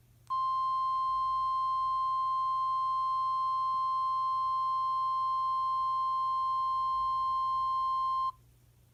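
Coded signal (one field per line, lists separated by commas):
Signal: Emergency Alert System (SAME) tones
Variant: 1050 Hz attention tone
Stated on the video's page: Test SAME tones generated by an EAS app on Google Play.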